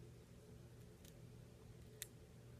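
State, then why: Seated. The adjustable airflow ring on the base of a metal-and-glass Aspire Nautilus clearomizer tank is turned against a low steady hum. It gives a faint click at 1.1 s and a sharper, louder click at 2.0 s as it seats into a detent and locks in place.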